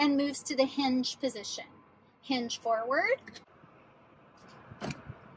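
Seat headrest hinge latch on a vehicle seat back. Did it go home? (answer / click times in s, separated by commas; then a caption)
yes / 4.8 s, 4.9 s. Someone talks while a vehicle seat headrest, after its side release is pressed and it is lifted all the way up, is folded forward on its hinge on the seat back. Two close, sharp clicks at 4.8 s and 4.9 s mark the headrest hinge latch locking into place.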